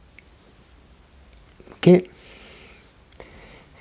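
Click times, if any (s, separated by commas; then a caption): 3.2 s. A small plastic and metal part is pressed onto the side of the chassis of a 1/8 scale 2003 Subaru Impreza WRC model car while someone talks, with a loud broadband burst near 1.9 s followed by a soft hiss. Two sharp, quick clicks at 3.2 s and 3.2 s mark the part clipping into place, and it is seated.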